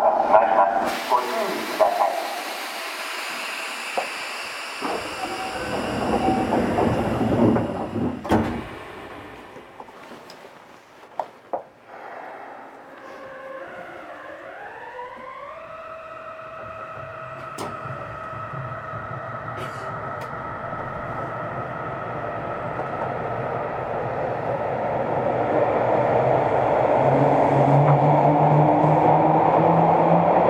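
A Yokohama Municipal Subway 10000 series train whines up in rising motor tones around fifteen seconds, then hums louder and steadier, with scattered clicks.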